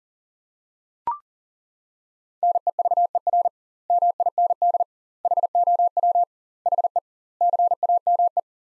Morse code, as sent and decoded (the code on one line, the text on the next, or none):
-. . ...- . .-. / -- .. -. -.. / .... --- .-- / .... . / -.-. .- -- .
NEVER MIND HOW HE CAME